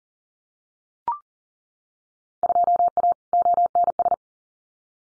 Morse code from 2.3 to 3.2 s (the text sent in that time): 2A